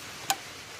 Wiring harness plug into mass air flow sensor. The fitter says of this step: Make sure it clicks, locks in, ain't going nowhere.